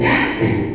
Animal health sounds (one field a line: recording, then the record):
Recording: squeal of a Yucatan mini pig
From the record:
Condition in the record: before surgery on the right vocal fold (resection and tissue-engineered implant)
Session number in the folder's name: 2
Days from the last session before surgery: 0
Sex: male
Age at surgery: 12 weeks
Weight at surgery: 13 kg